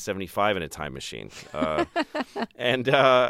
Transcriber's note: soundbite of laughter